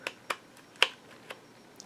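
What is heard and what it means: The adjustable paper-size guide lever on a KW Trio plastic and metal diary hole punch is slid back into the A5 position, giving sharp, bright clicks at 0.1, 0.3 and 0.8 s as it passes through its detents, with the 0.8 s click the loudest. Fainter ticks follow around 1.3 and 1.8 s. The guide seats at the A5 setting.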